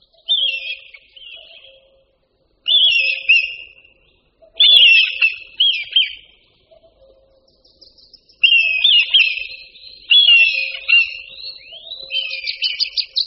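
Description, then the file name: Red kite calling with high, drawn-out whistles that slide downward and break into quavering trills, given in bursts with pauses between. "Luňák-červený"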